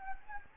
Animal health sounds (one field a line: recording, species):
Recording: mosquito wingbeat signal from an infrared sensor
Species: Anopheles gambiae